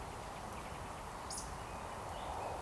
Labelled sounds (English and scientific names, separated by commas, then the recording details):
Eurasian Woodcock (Scolopax rusticola)
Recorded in Baden-Württemberg, Germany, on 13 June 2020 at 19:29 UTC
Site 43791, 788 m above sea level